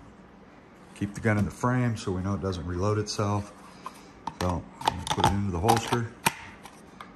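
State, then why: Seated. Someone talks while an unloaded, checked pistol is pushed down into a hard, outside-the-waistband level II (SLS style) retention holster, with a few brief sharp sounds along the way. The retention device locks the pistol in place with a click at 7.0 s, and it is seated.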